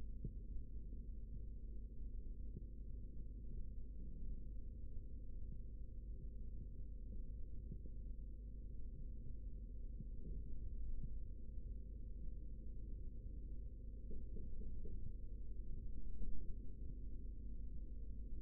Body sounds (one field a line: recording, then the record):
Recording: forearm muscle sounds (acoustic myography)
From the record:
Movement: rest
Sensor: system 3, bracelet of six PUI Audio POM-2738L microphones around the upper forearm, with dedicated amplification and filtering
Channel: 5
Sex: male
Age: 56 years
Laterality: right